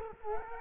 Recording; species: mosquito wingbeat signal from an infrared sensor; Culex quinquefasciatus